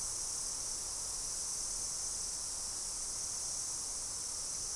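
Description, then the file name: Insects droning in a constant, high, sizzling chorus that neither rises nor falls across the short stretch. "mainly insect"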